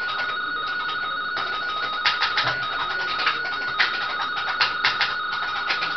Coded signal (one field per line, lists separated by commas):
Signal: RTTY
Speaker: Vamos a volver a probar.